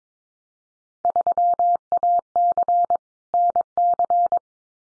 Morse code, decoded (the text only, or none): 3AC NC